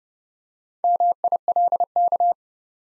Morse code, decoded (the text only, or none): MILK